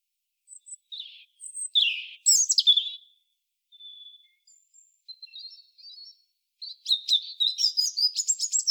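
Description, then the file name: European robin song: high, thin warbled phrases with sweet trills and tinkling notes, separated by short pauses, ending in a longer, busier twittering phrase. "Erithacus rubecula"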